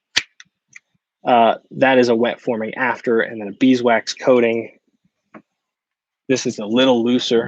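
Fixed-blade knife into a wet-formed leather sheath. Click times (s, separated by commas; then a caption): 0.2 s. A fixed-blade knife is pushed into a wet-formed, beeswax-coated leather sheath and seats home with a sharp retention click at 0.2 s, followed by a few faint ticks. Someone then talks.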